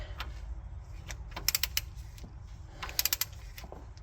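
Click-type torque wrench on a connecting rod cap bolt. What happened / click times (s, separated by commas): The torque wrench clicked at its setting on both bolts / 1.5 s, 3.0 s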